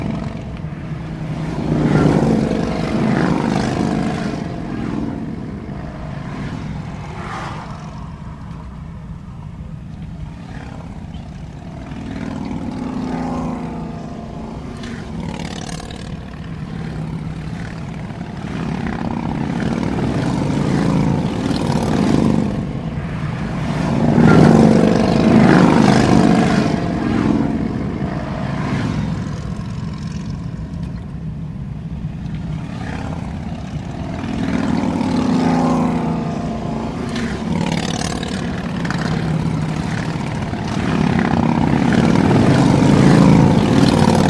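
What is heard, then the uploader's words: Motorcycle engines rumble steadily at the Sturgis rally, swelling into louder revving passes around twenty-five and forty seconds over a constant low drone. Recordings made by Dan Bodah in the Black Hills around Sturgis, South Dakota during the 2003 Sturgis Motorcycle Rally.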